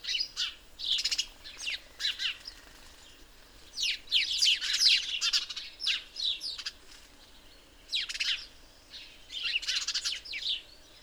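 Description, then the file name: House sparrow chirping in repeated clusters of quick, harsh notes, with short gaps between the groups. "Passer domesticus"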